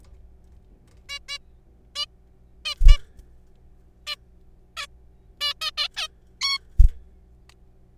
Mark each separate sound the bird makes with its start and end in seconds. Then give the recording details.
1.09-1.19, 1.29-1.38, 1.96-2.05, 2.65-2.74, 2.88-2.98, 4.07-4.15, 4.77-4.87, 5.41-5.54, 5.61-5.71, 5.78-5.88, 5.96-6.07, 6.41-6.59. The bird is a juvenile. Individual R3428